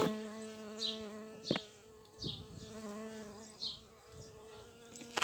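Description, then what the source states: Bee buzzing in flight, a continuous low droning hum that wavers slightly, with repeated high chirps and occasional clicks. Flight sounds of bumblebees and bees in the local area, date code 220507.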